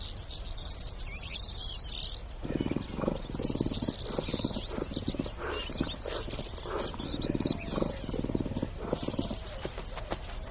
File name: Sonidos del Lince Iberico